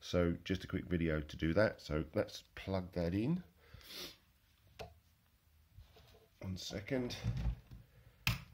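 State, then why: Seated. Someone talks while plugging a power connector into a Shelly EM smart energy monitor unit, with a brief softer sound near 4.8 s. A single sharp, loud click at 8.3 s marks the connector seating, and the unit powers up with its red light flashing.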